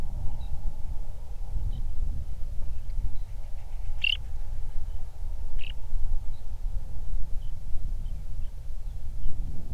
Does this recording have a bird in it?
yes